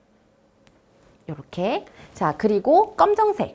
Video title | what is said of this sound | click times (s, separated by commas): [2021년 금과터 인천] 도입강연 5회 - 과학으로 확인하는 사랑, 러브미터만들기 | 칸에 노란색 핀 전선 어때요 그쵸 딸깍 소리가 나도록 끼워줍니다 | 0.7 s